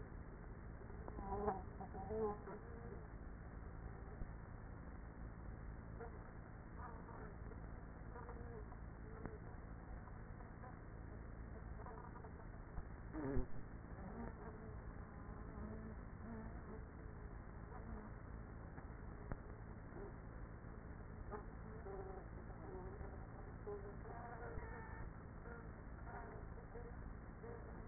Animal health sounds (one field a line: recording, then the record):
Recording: honeybee colony, microphone inside the hive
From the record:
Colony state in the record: queenless with a low population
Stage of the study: after two queens were removed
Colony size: about 30,000 bees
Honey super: no